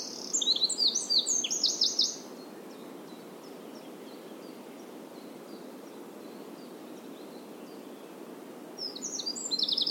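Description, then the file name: Eurasian wren singing a two-second burst of shrill trills, then a long quiet stretch with only faint notes, before another high trilling burst begins at the end. "Troglodytes troglodytes"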